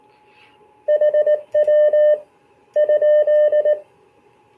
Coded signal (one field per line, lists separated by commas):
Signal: Morse code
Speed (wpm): 19 wpm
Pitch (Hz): 600 Hz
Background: none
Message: HW ?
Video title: Starting out in CW